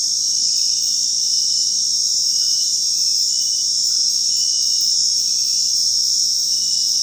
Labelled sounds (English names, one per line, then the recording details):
none
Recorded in dense forest near Puerto Asís, Putumayo, Colombia, on 21 February 2024 at 23:00
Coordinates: 0.499, -76.324
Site G6469